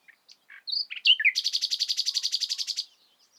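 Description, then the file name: Common nightingale song: a few varied whistles and a sliding note, then a steady run of many identical, evenly spaced pulses. "Luscinia megarhynchos"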